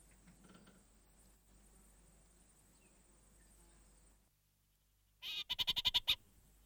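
Orange-fronted parakeet giving one brief burst of fast, grating chatter after several seconds of quiet background hiss.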